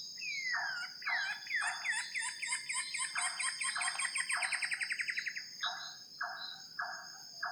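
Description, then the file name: Common paradise kingfisher giving a falling sweep into a fast rattling trill of harsh notes, then four slower rasping notes about half a second apart, with a steady high whine. "suara cekakak pita biasa"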